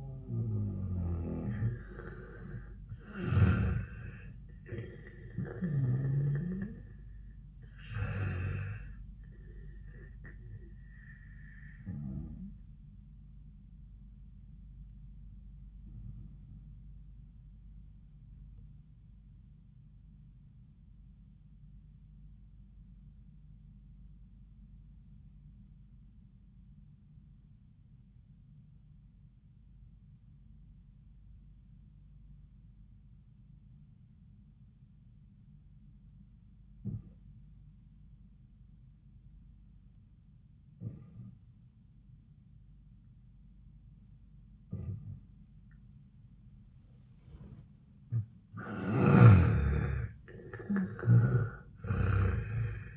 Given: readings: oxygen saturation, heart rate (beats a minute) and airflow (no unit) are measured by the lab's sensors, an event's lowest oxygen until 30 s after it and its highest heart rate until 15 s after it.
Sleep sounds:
breathing in sleep by a smartphone at the bedside; 1
14.00-45.60 s: obstructive apnea (N1, oxygen 98% highest, then 81% lowest, heart rate 73 at the start, 85 highest)
28.00-52.97 s: new sleep stage, N2 (light sleep)
From the record:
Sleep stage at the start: N1 (lightest sleep); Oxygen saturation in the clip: 83 to 98%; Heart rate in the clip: 69 to 85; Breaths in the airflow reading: 5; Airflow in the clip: -14.2 to 10.9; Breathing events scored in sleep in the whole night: 400 in 8.7 hours asleep

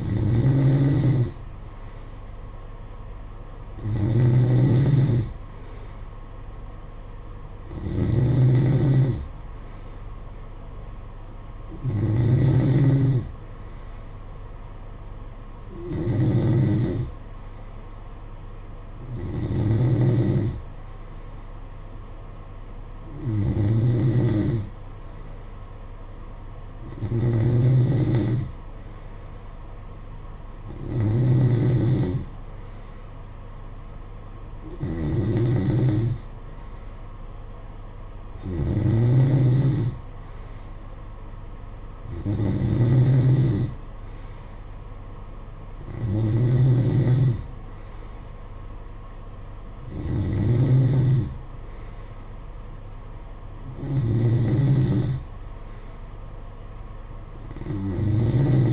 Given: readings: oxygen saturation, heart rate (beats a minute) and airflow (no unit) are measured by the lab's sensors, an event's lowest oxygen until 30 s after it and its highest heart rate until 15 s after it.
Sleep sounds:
breathing in sleep by a smartphone at the bedside; none
17.00-58.73 s: new sleep stage, N3 (deep sleep)
From the record:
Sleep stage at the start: N2 (light sleep); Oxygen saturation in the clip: 92 to 93%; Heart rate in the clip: 55 to 59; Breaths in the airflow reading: 15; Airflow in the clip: -9.9 to 6.8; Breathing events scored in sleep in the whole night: 476 in 9.7 hours asleep

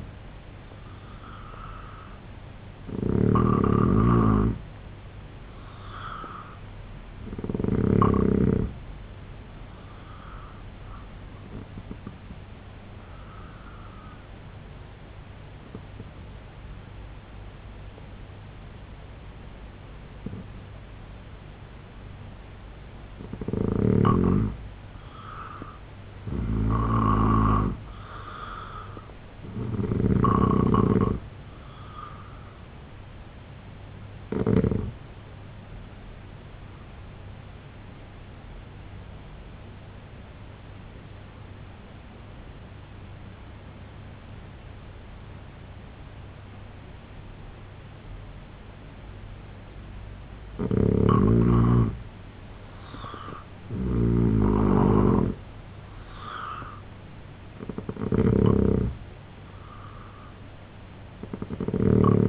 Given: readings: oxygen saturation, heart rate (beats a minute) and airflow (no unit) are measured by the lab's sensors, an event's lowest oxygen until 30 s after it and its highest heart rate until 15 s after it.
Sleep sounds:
breathing in sleep by a voice recorder at the bedside; 2
13.00-25.90 s: obstructive apnea (N2, oxygen 91% highest, then 86% lowest, heart rate 72 at the start, 85 highest)
38.00-51.10 s: obstructive apnea (N2, oxygen 92% highest, then 84% lowest, heart rate 70 at the start, 83 highest)
From the record:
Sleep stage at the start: N2 (light sleep); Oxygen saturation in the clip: 85 to 92%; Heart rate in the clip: 67 to 85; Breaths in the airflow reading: 9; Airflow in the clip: -4.4 to 6.8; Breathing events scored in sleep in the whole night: 258 in 7.4 hours asleep

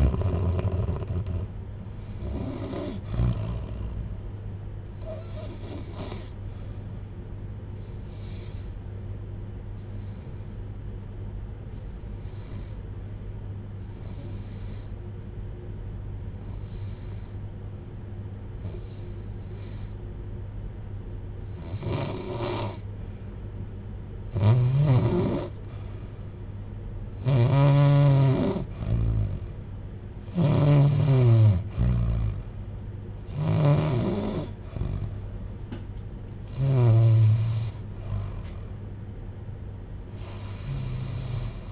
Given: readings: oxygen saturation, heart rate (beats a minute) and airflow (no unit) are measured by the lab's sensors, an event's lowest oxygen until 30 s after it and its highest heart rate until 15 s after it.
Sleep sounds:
breathing in sleep by a smartphone at the bedside; 1
9.00-24.80 s: hypopnea (REM, oxygen 89% highest, then 76% lowest, heart rate 65 at the start, 85 highest)
From the record:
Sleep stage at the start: REM sleep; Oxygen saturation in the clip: 77 to 89%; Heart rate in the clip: 55 to 85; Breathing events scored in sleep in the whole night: 310 in 8.1 hours asleep

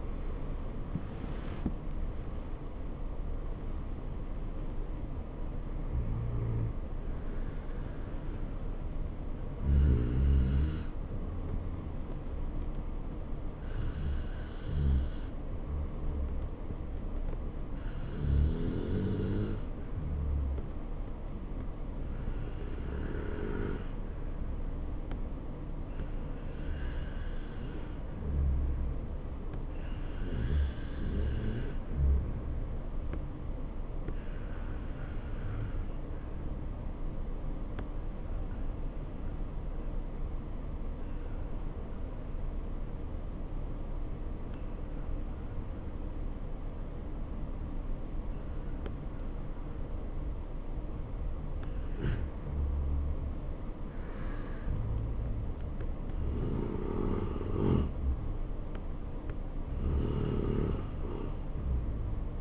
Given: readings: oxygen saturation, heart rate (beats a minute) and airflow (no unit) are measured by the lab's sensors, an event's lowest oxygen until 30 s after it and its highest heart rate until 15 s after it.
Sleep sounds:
breathing in sleep by a smartphone at the bedside; 1
20.00-52.30 s: obstructive apnea (REM, oxygen 95% highest, then 85% lowest, heart rate 68 at the start, 71 highest)
From the record:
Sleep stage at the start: REM sleep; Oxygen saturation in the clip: 78 to 95%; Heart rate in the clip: 63 to 84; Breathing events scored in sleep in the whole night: 277 in 7.4 hours asleep

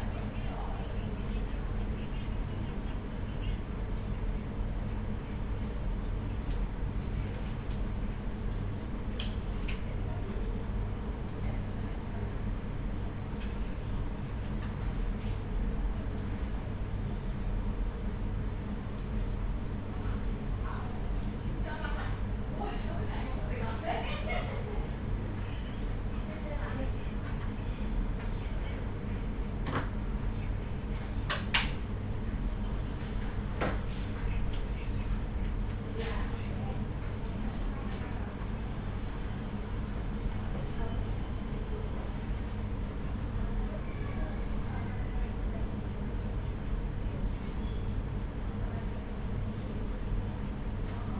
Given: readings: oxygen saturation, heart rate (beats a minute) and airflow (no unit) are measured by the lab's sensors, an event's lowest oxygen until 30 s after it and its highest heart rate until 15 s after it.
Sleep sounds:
a person awake in a sleep study, by a smartphone at the bedside; none
0.00-51.20 s: awake
0.00-51.20 s: awake
From the record:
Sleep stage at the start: awake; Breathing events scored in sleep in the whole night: 210 in 6.9 hours asleep

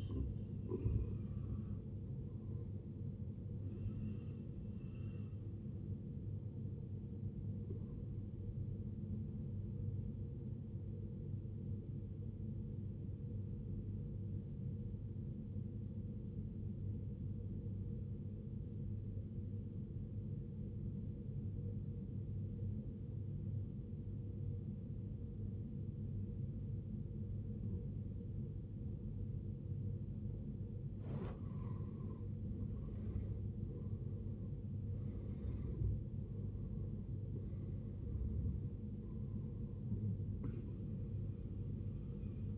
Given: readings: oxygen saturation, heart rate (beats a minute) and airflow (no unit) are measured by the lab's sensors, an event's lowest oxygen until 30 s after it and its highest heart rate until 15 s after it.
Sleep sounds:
breathing in sleep by a smartphone at the bedside; 1
13.00-34.50 s: obstructive apnea (N1, oxygen 95% highest, then 79% lowest, heart rate 72 at the start, 74 highest)
From the record:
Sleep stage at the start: N1 (lightest sleep); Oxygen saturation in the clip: 81 to 95%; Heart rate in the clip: 56 to 74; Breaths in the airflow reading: 6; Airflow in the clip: -14.7 to 14.9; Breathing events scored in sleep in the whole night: 389 in 6.3 hours asleep

